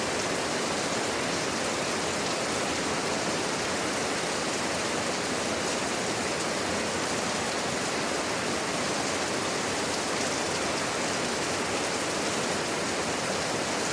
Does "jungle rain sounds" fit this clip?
yes